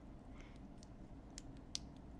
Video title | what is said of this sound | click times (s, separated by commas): Let's Build The Lego Version of The House From Disney's Up Movie - June 19th, 2025 | There we go. It clicked in. See, that was easy. It clicked in. | 1.8 s